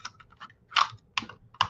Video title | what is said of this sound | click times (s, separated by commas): Let's Make Some Faux Rusty Bits | till it snaps in and then you uh | 1.2 s, 1.6 s